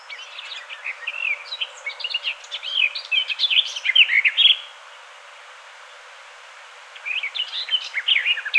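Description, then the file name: Garden warbler singing a long, even, rapid warble of mixed mellow notes, pausing for about two seconds before starting another flowing phrase. "Sylvia borin"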